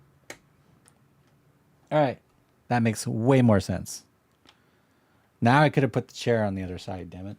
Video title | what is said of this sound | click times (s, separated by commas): Live Build Day - Lumibricks Midnight Haunted Mansion Part 2 | All right, let's get this popped into place. | 0.3 s